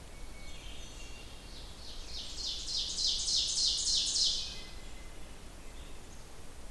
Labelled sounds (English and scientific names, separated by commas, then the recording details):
Ovenbird (Seiurus aurocapilla) song
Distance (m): 40 m
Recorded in boreal forest in Alberta, Canada, on 29 June 2016 at 08:53
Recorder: SongMeter 3, array SBT-6-79
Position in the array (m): 231 m, 19 m
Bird 39